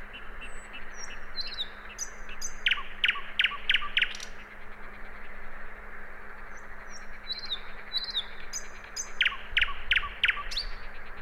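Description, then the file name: Common nightingale song: two bursts of loud, rapidly repeated notes a few seconds apart, with soft high whistles between them, over low background hum. "Luscinia megarhynchos"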